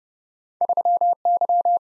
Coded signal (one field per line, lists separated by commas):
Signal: Morse code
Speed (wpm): 30 wpm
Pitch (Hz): 700 Hz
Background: none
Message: 3Y